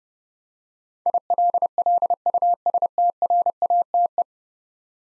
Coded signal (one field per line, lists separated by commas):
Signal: Morse code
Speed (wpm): 30 wpm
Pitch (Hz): 700 Hz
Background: none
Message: ILLUSTRATE